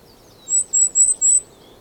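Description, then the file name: Goldcrest song: four very high, thin, squeaky notes in a quick run, over a faint low background hiss. Song; Europe. "Wintergoldhaehnchen Gesang Voegel in Europa"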